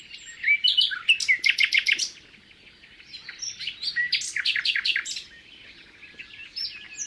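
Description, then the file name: Common nightingale song: a few varied notes, then a fast run of rapid repeated notes, then quieter scratchy phrases. "rouxinol comum"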